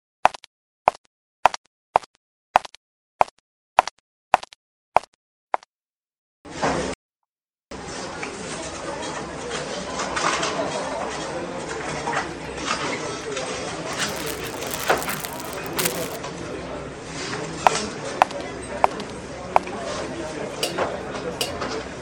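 A supermarket recording opens with a run of sharp, evenly spaced clicks or plops in near silence, about one every third of a second for five seconds. After a brief burst and a cut, a dense steady murmur of voices and store bustle continues, with occasional sharp knocks and a bright tone around fifteen seconds.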